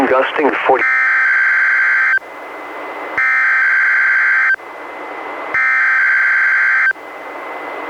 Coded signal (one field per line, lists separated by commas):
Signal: Emergency Alert System (SAME) tones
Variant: header bursts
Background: speech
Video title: EAS #591: NWR Required Weekly Test- Dec. 15, 2021- 11:01AM PST